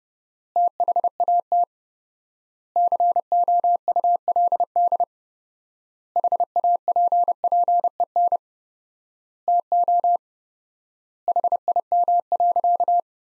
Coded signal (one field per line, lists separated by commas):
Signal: Morse code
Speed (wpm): 30 wpm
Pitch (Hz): 700 Hz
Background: none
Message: THAT COULD HAPPEN TO HIM.